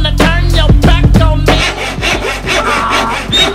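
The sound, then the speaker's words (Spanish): A saw cuts through wood as a man customises his cart, in quick, steady back-and-forth strokes, each a loud, raspy scrape, continuing for a few seconds with no voices. “Pues le estoy mochando aquí las patas al animal este”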